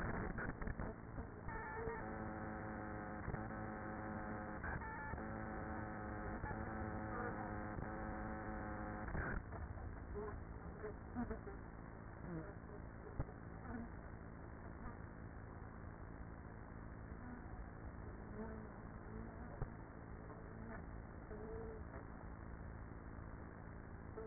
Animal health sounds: honeybee colony, microphone inside the hive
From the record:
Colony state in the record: queenless with a low population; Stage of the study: after two queens were removed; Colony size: about 30,000 bees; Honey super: no

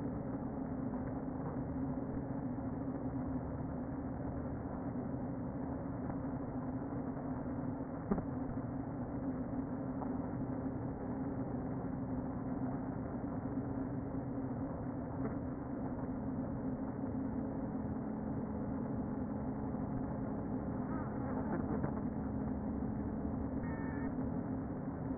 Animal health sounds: honeybee colony, microphone inside the hive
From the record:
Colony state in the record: queen present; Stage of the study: before two queens were removed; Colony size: about 60,000 bees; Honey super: yes

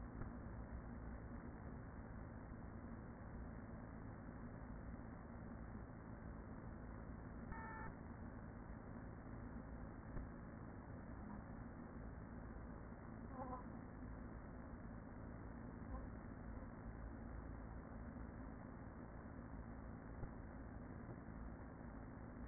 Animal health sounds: honeybee colony, microphone inside the hive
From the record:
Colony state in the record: queen present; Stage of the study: after two queens were removed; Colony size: about 40,000 bees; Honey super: no

